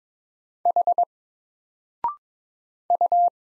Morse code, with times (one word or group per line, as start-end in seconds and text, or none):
0.7-1.0 H
2.9-3.3 U